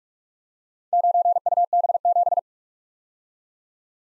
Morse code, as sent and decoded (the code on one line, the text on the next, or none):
----. ..- -... --...
9UB7